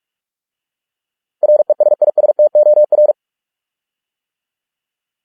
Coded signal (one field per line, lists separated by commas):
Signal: Morse code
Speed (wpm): 46 wpm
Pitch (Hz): 600 Hz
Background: none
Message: RESISTOR